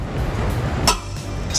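A torque wrench set to 100 foot-pounds tightens a bolt on a vehicle over a steady low-frequency background hum. At 0.9 s the wrench gives a short, sharp click, confirming the bolt has reached 100 foot-pounds.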